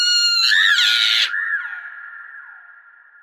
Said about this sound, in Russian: Она заговорена не была, и чуть только он выстрелил, ведьма с визгом грохнулась с дерева.